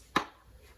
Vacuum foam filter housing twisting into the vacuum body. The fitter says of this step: and then it clicks back in it's a count quarter turn to click back into place